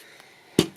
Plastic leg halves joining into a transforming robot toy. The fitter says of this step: like I said these will press together and click into place so